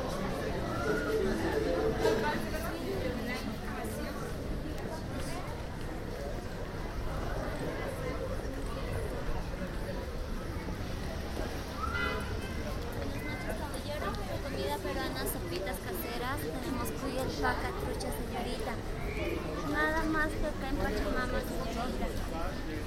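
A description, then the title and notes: Tourists in Cusco talk over one another in a steady, dense babble of overlapping voices, with no pauses across the whole stretch. A low rumble of traffic runs underneath, and brief brighter sounds, like a short call or clatter, surface around 2, 12 and 20 seconds. Plaza de Armas Cusco, Peru. You hear, among others, German and American tourists in Cusco. We walk around the Plaza de Armas in Cusco in search of a restaurant.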